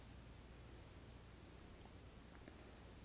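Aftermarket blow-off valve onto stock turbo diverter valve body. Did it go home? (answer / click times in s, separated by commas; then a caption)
no / none. An aftermarket blow-off valve top is being handled and pushed onto the plastic body of the stock turbo diverter valve on a 2015+ Mercedes C300 W205, meant to snap into place. A steady low background hiss carries through, with a faint brief handling sound around 2.5 s. Nothing has seated or clicked yet.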